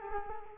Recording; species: mosquito wingbeat signal from an infrared sensor; Culex quinquefasciatus